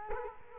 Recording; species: mosquito wingbeat signal from an infrared sensor; Culex quinquefasciatus